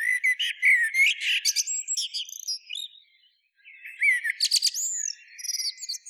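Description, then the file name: Common blackbird giving quick, high squeaky twitters and short whistled slurs, a brief pause, then another run of scratchy chattering notes. "Turdus merula"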